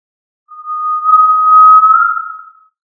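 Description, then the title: Tinamou whistling a single clear, even note that swells in loudness, lifts very slightly near the end and then fades out. "Familia Tinamidae - Quail - Puyuh"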